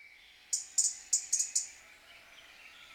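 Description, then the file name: European robin calls: five sharp high ticking notes in quick succession. "Erithacus rubecula"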